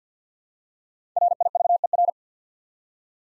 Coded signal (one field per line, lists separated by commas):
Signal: Morse code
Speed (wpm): 51 wpm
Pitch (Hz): 700 Hz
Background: none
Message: RIVER